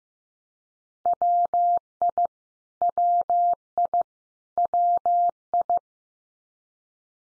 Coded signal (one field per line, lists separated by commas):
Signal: Morse code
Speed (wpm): 15 wpm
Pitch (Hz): 700 Hz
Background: none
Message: WI WI WI